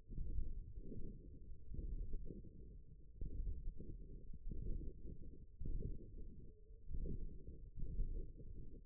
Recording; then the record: forearm muscle sounds (acoustic myography)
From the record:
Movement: ulnar deviation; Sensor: system 1, eight BSWA MPA416 microphones around the upper forearm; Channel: 7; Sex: male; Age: 23 years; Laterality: right